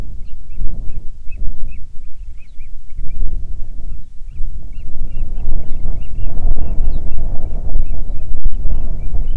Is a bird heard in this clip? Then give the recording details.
yes. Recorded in the Arctic National Wildlife Refuge, Alaska, on 9 July 2019 at 22:40. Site 48